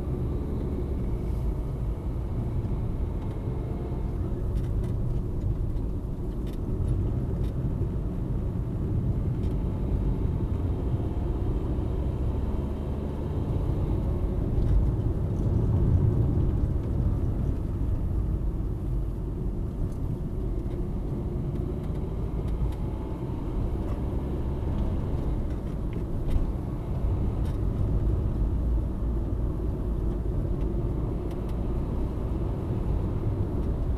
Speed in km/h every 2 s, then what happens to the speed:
40, 49, 51, 48, 42, 44, 56, 57, 50, 37, 32, 48, 56, 60, 58, 58, 65.
0-3 speeds up to 51. 3-9 slows to 42. 9-12 speeds up to 56. 14-18 brakes to 37. 20-26 speeds up to 60. 26-31 steady at about 58. 31-34 speeds up to 65.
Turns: 4-11, 17-21.